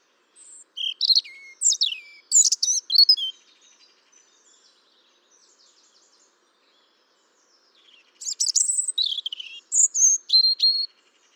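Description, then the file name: European robin song: rich, high warbled phrases with downward slurs, a pause filled by faint twitters, then another bright, jumbled phrase. "Erithacus rubecula"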